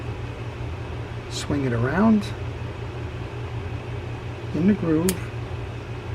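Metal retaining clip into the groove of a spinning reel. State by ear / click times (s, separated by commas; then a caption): not seated / none. A metal retaining clip on a Shimano FX300 spinning fishing reel is anchored on one side and swung around toward the reel's groove, before it is pressed home. Someone talks over a steady low hum, with faint handling sounds. Nothing has snapped or clicked yet.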